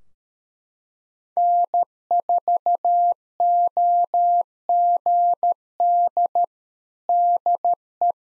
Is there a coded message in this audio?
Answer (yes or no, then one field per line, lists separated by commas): yes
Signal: Morse code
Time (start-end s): 1.4-8.1 s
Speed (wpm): 13 wpm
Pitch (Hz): 700 Hz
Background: none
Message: N4OGD DE